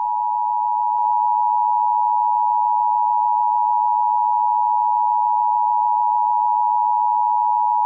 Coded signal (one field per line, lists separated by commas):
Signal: Emergency Alert System (SAME) tones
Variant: 853 and 960 Hz attention tone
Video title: Teenage Kraken Invasion - An EAS Scenario